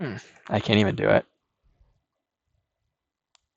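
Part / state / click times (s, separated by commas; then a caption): two-part cabinet hardware clip pressed into its mating half / seated / 3.3 s. Someone talks while pressing the two halves of a two-part cabinet hardware clip together by hand after a failed first try, followed by faint handling noises. A short, sharp snap at 3.4 s marks the clip seating into its mating half, where it fits snugly.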